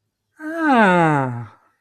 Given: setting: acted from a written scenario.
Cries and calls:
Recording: vocal sound without words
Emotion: realization

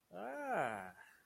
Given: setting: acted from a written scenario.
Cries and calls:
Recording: vocal sound without words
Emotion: awe

